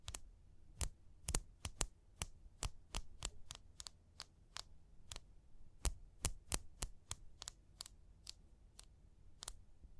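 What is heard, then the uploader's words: Sharp, crisp taps land in an uneven rhythm, about two or three a second, sometimes in quick pairs and sometimes with short gaps. Each tap is brief and bright, clicking like a key or blade. A faint low hum runs underneath throughout. Tapping and Scratching.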